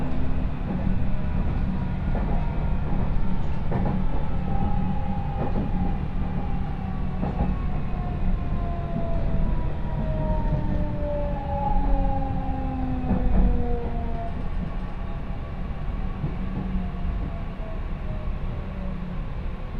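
A train ride on the Chuo West Line: steady low rumble, rising and falling whine tones, and occasional sharp clicks of wheels over rail joints.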